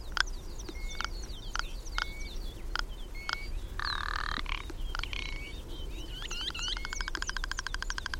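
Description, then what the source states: Ptarmigan calling: a run of dry, evenly spaced clicks that speed up into a fast, buzzy rattle near the end, with a thin whistled note repeating in the background. Mountain bird of the Cairngorms, Scotland; described as having an incredible call.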